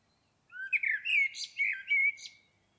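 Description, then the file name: Common blackbird singing one rich, mellow warbled phrase of rising and falling fluty notes, trailing into brief high squeaks. "Turdus merula"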